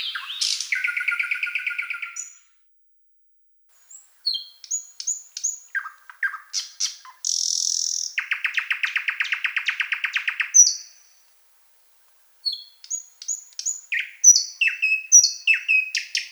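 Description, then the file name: Thrush nightingale song phrases: a harsh buzzy note, a pause, then clipped chirps, a long dry rattling trill, another pause and varied sharp chips and whistles. "solovey obyknovennyy golos"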